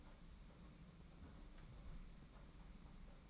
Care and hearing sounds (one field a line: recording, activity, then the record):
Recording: daily activity, microphone in the room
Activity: close fridge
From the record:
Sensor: 1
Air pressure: 991.8 hPa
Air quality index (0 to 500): 205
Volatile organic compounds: 1000 ppm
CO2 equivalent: 7938 ppm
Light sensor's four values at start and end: 29/101/39/39 and 29/101/39/39